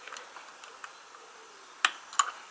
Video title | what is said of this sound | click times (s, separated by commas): OO/4mm - Hornby Mineral Wagon, NEM Pocket | there we go. | 1.8 s